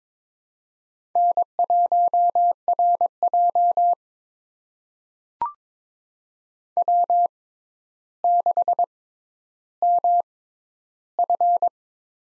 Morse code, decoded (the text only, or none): N1RJ W6MF